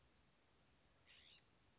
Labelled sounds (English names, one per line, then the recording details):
California Scrub-Jay
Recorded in Sonoma County, California